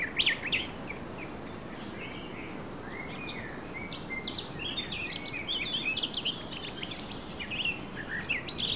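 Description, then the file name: Eurasian blackcap chattering and warbling continuously, quick scratchy notes mixed with whistled slurs. "Sylvia atricapilla"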